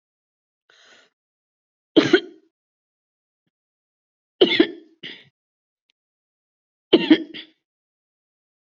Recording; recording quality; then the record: heavy voluntary cough; excellent, no background noise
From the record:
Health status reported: recovered from COVID-19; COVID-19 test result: positive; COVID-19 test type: RT-PCR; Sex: female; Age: 59 years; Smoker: no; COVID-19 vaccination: both doses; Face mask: not worn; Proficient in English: yes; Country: India